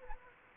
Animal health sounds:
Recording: mosquito wingbeat signal from an infrared sensor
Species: Anopheles gambiae

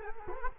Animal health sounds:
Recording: mosquito wingbeat signal from an infrared sensor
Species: Culex quinquefasciatus

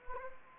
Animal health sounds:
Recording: mosquito wingbeat signal from an infrared sensor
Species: Anopheles arabiensis

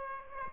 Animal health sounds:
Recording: mosquito wingbeat signal from an infrared sensor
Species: Aedes aegypti

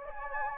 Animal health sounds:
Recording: mosquito wingbeat signal from an infrared sensor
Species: Anopheles gambiae

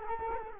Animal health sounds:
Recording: mosquito wingbeat signal from an infrared sensor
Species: Culex quinquefasciatus

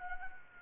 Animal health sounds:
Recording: mosquito wingbeat signal from an infrared sensor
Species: Anopheles arabiensis

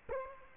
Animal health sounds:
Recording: mosquito wingbeat signal from an infrared sensor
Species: Culex quinquefasciatus

